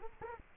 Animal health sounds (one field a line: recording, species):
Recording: mosquito wingbeat signal from an infrared sensor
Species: Culex quinquefasciatus